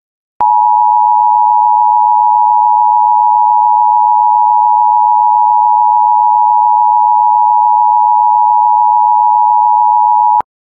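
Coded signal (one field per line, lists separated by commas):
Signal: Emergency Alert System (SAME) tones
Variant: 853 and 960 Hz attention tone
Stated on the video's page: Fictional analog-horror EAS scenario.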